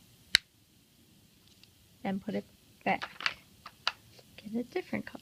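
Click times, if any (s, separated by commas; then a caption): 0.3 s. A cap is pushed back onto the plastic barrel of a felt-tip marker, to switch to a different color, and snaps shut with a single sharp click at 0.4 s. Someone then talks. The cap is seated and clicked on.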